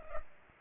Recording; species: mosquito wingbeat signal from an infrared sensor; Culex pipiens